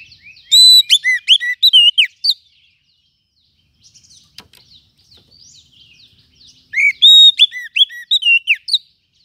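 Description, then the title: Lovebird calls: two loud bursts of rapid shrill chirps with quiet twittering and a click between them. Lovebird call used as a lure to attract lovebirds. "PIKAT BURUNG LOVEBIRD"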